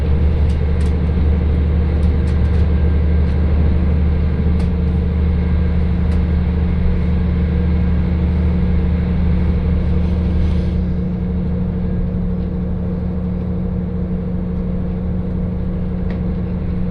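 A train ride with a steady low rumble and hum throughout, with strong low tones holding underneath. Faint clicks and ticks come in the first ten seconds, then around eleven seconds the sound drops slightly in brightness and the ride continues more smoothly.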